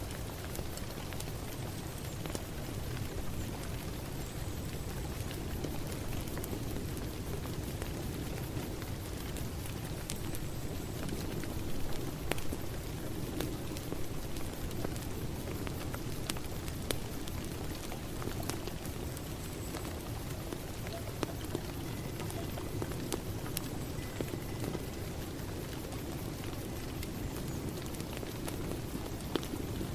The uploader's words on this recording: Peaceful Rain Sound, Rain Ambience. Sounds of rain.